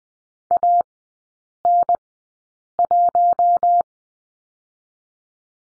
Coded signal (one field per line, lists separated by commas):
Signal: Morse code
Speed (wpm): 20 wpm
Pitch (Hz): 700 Hz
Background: none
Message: AN1